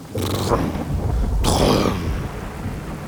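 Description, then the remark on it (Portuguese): Thunder rumbles low and heavy during rain, with two sharp cracking bursts, one early and a louder one about halfway through, before the roll fades slowly. No one speaks. “Ouviu-se o som do trovão.”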